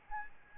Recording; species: mosquito wingbeat signal from an infrared sensor; Aedes albopictus